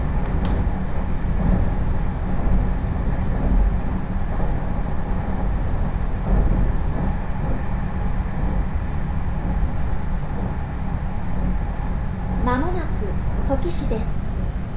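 Riding a train on the Chuo West Line from Ena to Kozoji: a steady, dense low rumble of the running carriage fills all fifteen seconds at an even level, with a faint held tone above it. Near the end, brief high wavering tones chirp twice.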